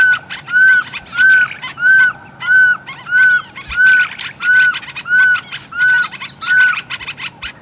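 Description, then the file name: Pearl-spotted owlet whistled call, a steady series of about ten clear, arched whistles roughly every seven-tenths of a second, over a constant high buzz. "glaucidium perlatum"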